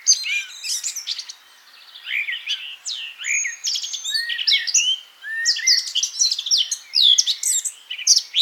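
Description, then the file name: Eurasian blackcap in rapid bursts of scratchy twitter and clear slurred whistles, separated by brief pauses. "Sylvia atricapilla"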